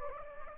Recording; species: mosquito wingbeat signal from an infrared sensor; Anopheles gambiae